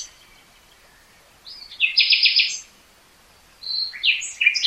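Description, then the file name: Common nightingale song: quiet opening, then a loud phrase of quick repeated buzzy notes, a short pause, and a second phrase of sharp whistles and chirps. "Luscinia megarhynchos"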